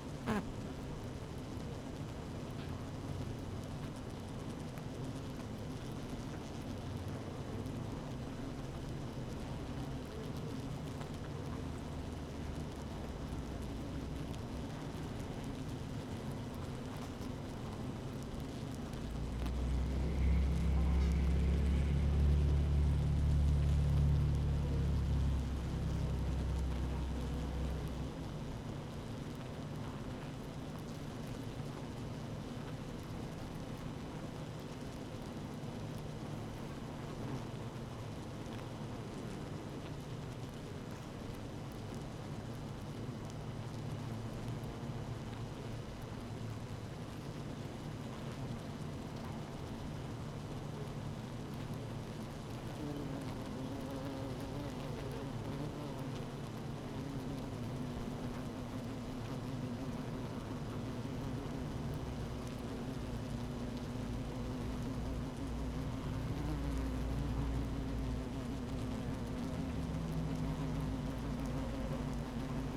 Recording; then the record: honeybee colony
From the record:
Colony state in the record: active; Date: 12 June 2018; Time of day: 15:20